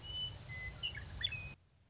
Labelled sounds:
Western Meadowlark

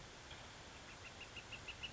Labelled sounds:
Northern Flicker

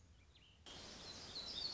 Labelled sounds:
Black-throated Gray Warbler

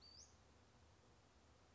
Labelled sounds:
Western Flycatcher

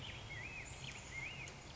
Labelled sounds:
Black-headed Grosbeak

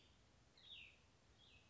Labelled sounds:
Cassin's Vireo

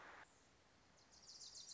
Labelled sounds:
Wilson's Warbler

